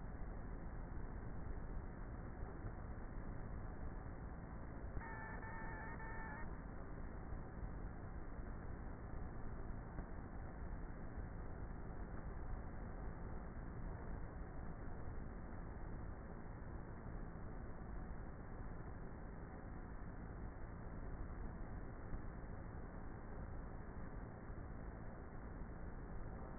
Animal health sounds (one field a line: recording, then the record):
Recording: honeybee colony, microphone inside the hive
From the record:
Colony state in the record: queenless with a low population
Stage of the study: before two queens were removed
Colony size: about 30,000 bees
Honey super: no